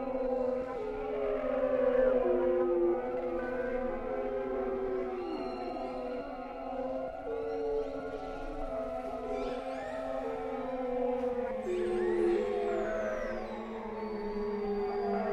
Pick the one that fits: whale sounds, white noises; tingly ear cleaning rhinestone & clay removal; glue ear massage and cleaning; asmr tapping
whale sounds, white noises